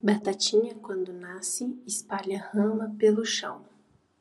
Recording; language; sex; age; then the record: short text; Brazilian Portuguese; female; 18 to 19 years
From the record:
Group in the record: control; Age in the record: 18 years